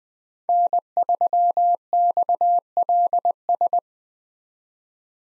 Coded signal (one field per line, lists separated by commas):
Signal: Morse code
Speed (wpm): 21 wpm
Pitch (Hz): 700 Hz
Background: none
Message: N3XLS